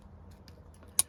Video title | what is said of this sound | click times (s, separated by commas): The Sparrow is a stout little knife! | You guys can hear it snapping home. | 1.0 s